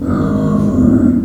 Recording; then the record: squeal of a Yucatan mini pig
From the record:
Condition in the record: after surgery on the right vocal fold (resection and tissue-engineered implant); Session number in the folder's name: 5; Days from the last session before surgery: 33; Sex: female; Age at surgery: 19 weeks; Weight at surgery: 25 kg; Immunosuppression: prednisolone